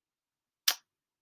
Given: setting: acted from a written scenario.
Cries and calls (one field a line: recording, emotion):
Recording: vocal sound without words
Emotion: contempt